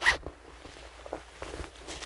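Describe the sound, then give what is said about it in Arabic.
A marker squeaks across a board in a sharp opening stroke, followed by several quicker, fainter scratchy strokes at an uneven pace, as a teacher hastily writes during an Arabic grammar lesson; no one speaks. “ما دل أكتب ولا ما طيب في قلم كذا على عجالة”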